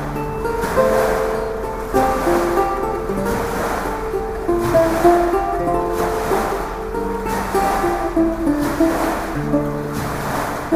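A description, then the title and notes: Lute notes are plucked in a steady melody over a wave tank whose water surges and washes in regular swells about every two seconds. Mechanical Engineering wave tank with lute. A regular wave of 0.75Hz frequency breaking on a sloping beach in the UCL Ocean Towing Tank, with Dr Kevin Drake on eight course renaissance lute, playing 'Mr Dowland's Midnight' by John Dowland (1563-1626). Please note that it was a live single track recording with me playing the lute beside the beach.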